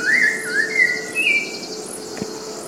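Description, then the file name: Rufous-bellied thrush singing short whistled phrases, warbling and slurred up and down, fading after about one and a half seconds, over a steady low hum. Recorded in Cantareira, São Paulo state, Brazil. "Turdus-rufiventris-PECantareira SP 3-12-16-ASilveira"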